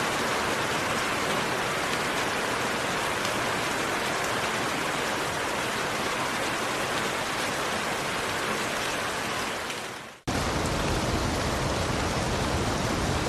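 Rain falls in a dense, steady hiss, fading briefly to near silence around ten seconds before resuming abruptly at full strength.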